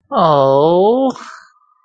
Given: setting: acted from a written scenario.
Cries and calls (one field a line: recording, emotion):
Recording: vocal sound without words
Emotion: adoration